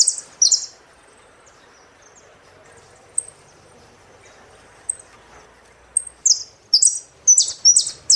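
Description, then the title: Saffron finch song: opening high chirps, sparse isolated notes over faint background hiss, then a burst of loud, clipped, repeated chirped phrases. "Jilguero Argentino"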